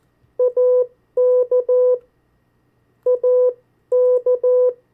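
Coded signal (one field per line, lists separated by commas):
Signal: Morse code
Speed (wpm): 14 wpm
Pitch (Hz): 500 Hz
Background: none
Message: AK AK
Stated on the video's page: CW copy practice of the 50 state abbreviations at variable speeds.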